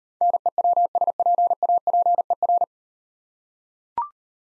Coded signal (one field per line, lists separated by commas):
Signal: Morse code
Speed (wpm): 38 wpm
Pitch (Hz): 700 Hz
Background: none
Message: NEWSPAPER